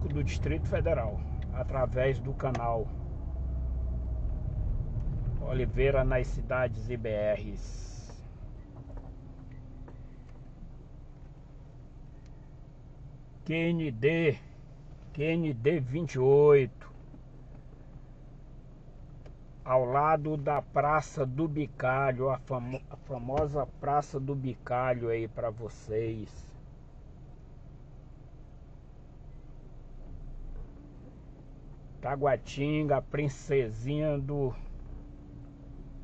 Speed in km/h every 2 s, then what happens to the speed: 27, 24, 17, 7, 0, 0, 0, 0, 0, 0, 0, 0, 0, 0, 0, 0, 0, 0.
0-8 slows to 0. 8-36 standing.